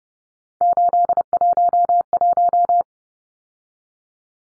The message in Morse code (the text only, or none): 811